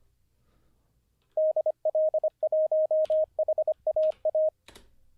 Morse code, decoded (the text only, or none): DL1HAA